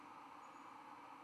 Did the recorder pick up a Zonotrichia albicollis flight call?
no